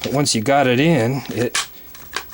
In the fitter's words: but once you got it in it clicks into place